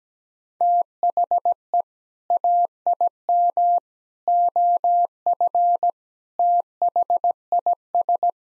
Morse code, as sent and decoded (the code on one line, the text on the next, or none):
- .... . / .- .. -- / --- ..-. / - .... .. ...
THE AIM OF THIS